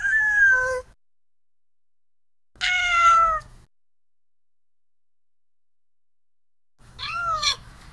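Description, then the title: Cat meowing: three drawn-out, wavering meows, each about a second long, separated by silent pauses of roughly two and three seconds. "GATTO"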